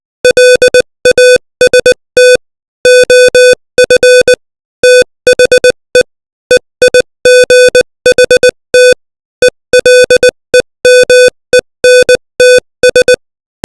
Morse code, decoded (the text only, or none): LAST OF THE EIGHT ELEMENTS